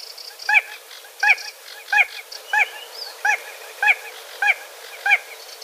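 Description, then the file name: Spotted crake, repeated sharp whistled notes coming a little faster than once a second, eight in all. "Voltolino"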